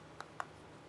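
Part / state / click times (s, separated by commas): breadboard onto base plate / not seated / none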